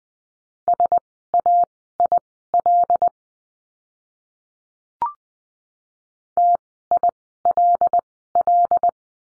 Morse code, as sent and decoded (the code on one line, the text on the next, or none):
... .- .. .-.. / - .. .-.. .-..
SAIL TILL